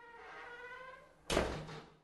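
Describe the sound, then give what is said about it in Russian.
A door closes softly: a steady, drawn-out creaking tone gives way to a single muffled thud that fades over half a second. The whole sound is faint, with no voices. “В последовавшей за этими словами глубокой тишине откуда-то донесся звук закрывающейся двери. На сей раз еле слышный.”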